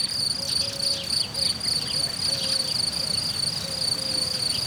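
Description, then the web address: Cricket song, a rapid high trill pulsing steadily, with faint thin whistled notes drifting underneath. Cricket recorded in nature at Hortobágy in 2014, described as idyllic. "allathangok termeszetben tucsok professzionalis 2014 idilli balmikrofonraraszallorovar hortobagy"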